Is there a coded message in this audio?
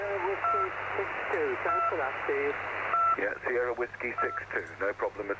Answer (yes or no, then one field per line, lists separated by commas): no